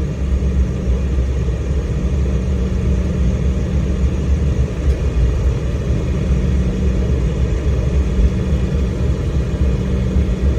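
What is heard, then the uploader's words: Steady engine rumble inside an Embraer E190 in flight, a deep, dense roar with a low hum running underneath. The level holds constant across the whole stretch, with no distinct events, only a faint brighter hiss on top. FULL FLIGHT - Embraer E190 Frankfurt to London City Airport (Lufthansa) - WHITE NOISE.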